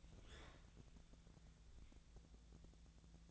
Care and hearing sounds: daily activity, microphone in the room; open fridge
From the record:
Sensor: 3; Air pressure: 1000.0 hPa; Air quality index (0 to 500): 132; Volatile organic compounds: 2 ppm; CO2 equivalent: 1178 ppm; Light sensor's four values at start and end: 34/88/37/40 and 34/87/37/40

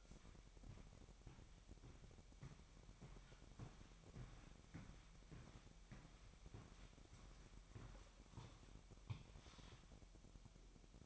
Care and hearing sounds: daily activity, microphone in the room; walk to room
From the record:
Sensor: 1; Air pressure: 1012.3 hPa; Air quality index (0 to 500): 197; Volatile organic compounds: 4 ppm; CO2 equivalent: 1587 ppm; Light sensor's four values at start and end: 79/190/80/85 and 67/149/67/70

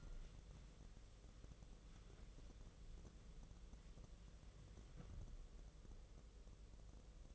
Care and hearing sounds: daily activity, microphone in the room; wipe stove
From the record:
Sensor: 4

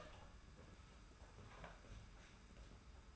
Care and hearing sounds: daily activity, microphone in the room; open door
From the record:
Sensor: 2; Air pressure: 991.5 hPa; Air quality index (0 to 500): 146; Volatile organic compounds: 360 ppm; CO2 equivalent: 4602 ppm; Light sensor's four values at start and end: 31/93/36/34 and 31/93/36/34

